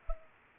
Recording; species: mosquito wingbeat signal from an infrared sensor; Culex pipiens